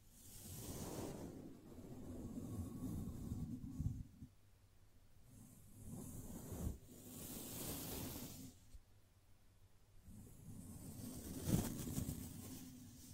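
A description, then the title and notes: Gentle brushing comes in slow, sweeping passes, each swelling for a few seconds with a soft hiss over a low, rumbling undertone. Four main strokes are separated by short quiet pauses, and a small tap sounds near the end. ASMR Gently Brushing Your Brain (No Talking).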